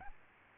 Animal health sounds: mosquito wingbeat signal from an infrared sensor; Aedes albopictus

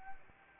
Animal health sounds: mosquito wingbeat signal from an infrared sensor; Anopheles arabiensis

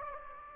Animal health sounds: mosquito wingbeat signal from an infrared sensor; Anopheles gambiae

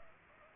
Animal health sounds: mosquito wingbeat signal from an infrared sensor; Culex pipiens

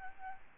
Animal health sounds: mosquito wingbeat signal from an infrared sensor; Aedes albopictus

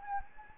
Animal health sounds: mosquito wingbeat signal from an infrared sensor; Anopheles gambiae

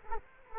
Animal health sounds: mosquito wingbeat signal from an infrared sensor; Culex quinquefasciatus

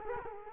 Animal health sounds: mosquito wingbeat signal from an infrared sensor; Culex quinquefasciatus

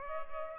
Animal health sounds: mosquito wingbeat signal from an infrared sensor; Culex pipiens

